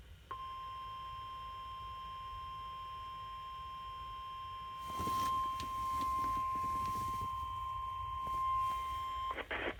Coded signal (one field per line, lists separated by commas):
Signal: Emergency Alert System (SAME) tones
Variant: 1050 Hz attention tone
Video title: Required Weekly Test | EAS 74